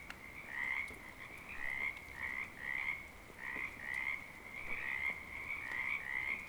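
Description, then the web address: Frog giving a series of rasping, pulsed croaks. Frogs calling in rain, Oregon, 2014. "Sonniss com - GDC 2018-Game Audio Bundle Discover Oregon - Wind and Storms Rain 2014 Frogs Rain"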